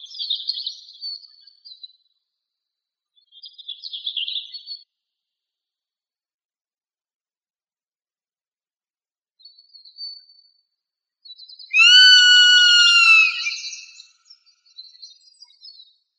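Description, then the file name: Zone-tailed hawk giving a long, harmonic whistled scream that falls slightly in pitch, after several short, noisy, buzzy high sounds. Arizona. "AZFO ZTHA 5 deviche"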